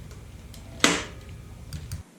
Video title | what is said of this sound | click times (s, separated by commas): Custom Dynamics LED Lights Review - MCrider | you'll hear it here in a second it just kind of snaps into place | 0.8 s